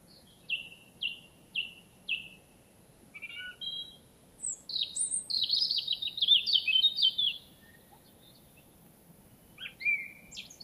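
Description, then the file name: European robin song: four thin, falling high notes repeated evenly, then a rapid, tinkling jumble of high trills and a later sweeping whistle, over a low rumbling background hiss. "Erithacus rubecula"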